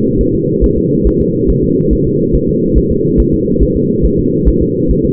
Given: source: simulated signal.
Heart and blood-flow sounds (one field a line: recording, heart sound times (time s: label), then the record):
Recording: fetal heart sounds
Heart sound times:
0.21 s: S1
0.35 s: S2
0.64 s: S1
0.78 s: S2
1.07 s: S1
1.21 s: S2
1.50 s: S1
1.64 s: S2
1.93 s: S1
2.07 s: S2
2.35 s: S1
2.49 s: S2
2.78 s: S1
2.91 s: S2
3.20 s: S1
3.34 s: S2
3.63 s: S1
3.77 s: S2
4.06 s: S1
4.19 s: S2
4.48 s: S1
4.62 s: S2
4.91 s: S1
5.05 s: S2
From the record:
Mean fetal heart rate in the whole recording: 140 bpm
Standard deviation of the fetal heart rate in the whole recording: 2 bpm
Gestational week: 34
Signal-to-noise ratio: -11.2 dB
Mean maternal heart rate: 72 bpm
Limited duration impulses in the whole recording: present